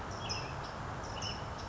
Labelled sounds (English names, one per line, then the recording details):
American Robin
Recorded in Sonoma County, California